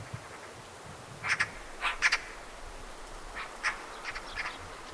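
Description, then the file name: Eurasian magpie harsh chattering calls, short rasping bursts in pairs at irregular intervals, over a steady hiss. "Pica pica"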